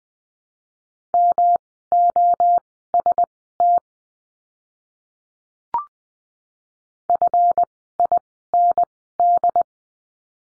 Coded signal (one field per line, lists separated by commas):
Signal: Morse code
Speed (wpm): 20 wpm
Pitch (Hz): 700 Hz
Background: none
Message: MOST FIND